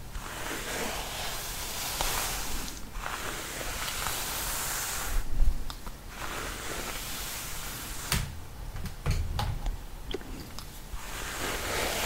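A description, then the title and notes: Hair brushing, with bristles sweeping in steady bursts that hiss brightly, then fall quiet for short gaps near three and six seconds. Soft taps and clicks appear around eight to ten seconds. ASMR Brushing Sounds I Hair Brushing.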